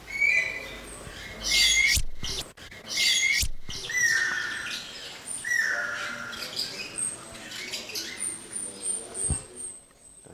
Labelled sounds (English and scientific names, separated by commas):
Guira Cuckoo (Guira guira)